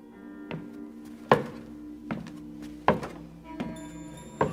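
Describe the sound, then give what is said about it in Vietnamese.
Six heavy, dull thuds on the wooden floor of a house at night at a slow, uneven walking pace, footsteps mixed with the knock of a walking stick, each with a brief woody resonance and a faint hum beneath. “Ban đêm họ nghe rõ có tiếng chân chống gậy cồm cộp ở trên sàn gỗ nhà họ.”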